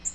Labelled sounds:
Nashville Warbler (Leiothlypis ruficapilla) flight call

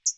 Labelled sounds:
Hooded Warbler (Setophaga citrina) flight call

